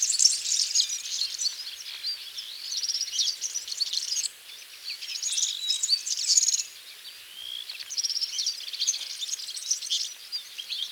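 European serin song: high, rapid, tinkling jangles in several bursts of roughly two seconds, with brief quieter gaps between phrases.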